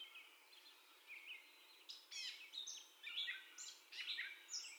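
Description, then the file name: Catbird song starting softly, then louder bursts of varied squeaky, chattering notes in the second half. First song heard, recorded 30 May 2021. "2021-05-30 Catbird First Song"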